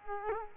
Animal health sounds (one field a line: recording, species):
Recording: mosquito wingbeat signal from an infrared sensor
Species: Culex quinquefasciatus